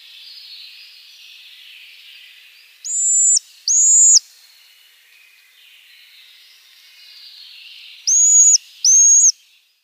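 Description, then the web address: Eurasian pygmy owl calls: two pairs of thin, very high, drawn-out whistled notes, each note about half a second long, over a steady background hiss. Female call. "Schulze Peter Pygmy Owl"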